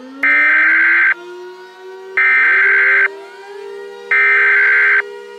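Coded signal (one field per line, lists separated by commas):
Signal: Emergency Alert System (SAME) tones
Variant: header bursts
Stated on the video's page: Simulated mock EAS alert, a fictional scenario.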